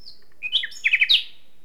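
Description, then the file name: Common nightingale phrase: a thin high whistle, then a brief tumble of slurred chirps ending in a few quick pulsed notes. "Luscinia megarhynchos"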